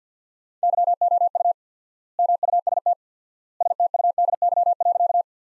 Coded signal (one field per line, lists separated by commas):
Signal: Morse code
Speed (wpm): 50 wpm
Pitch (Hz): 700 Hz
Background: none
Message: YOU MUST STUDY.